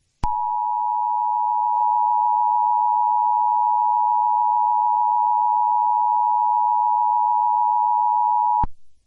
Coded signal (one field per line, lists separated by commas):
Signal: Emergency Alert System (SAME) tones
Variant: 853 and 960 Hz attention tone